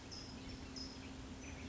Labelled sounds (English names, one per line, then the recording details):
California Towhee
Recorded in Sonoma County, California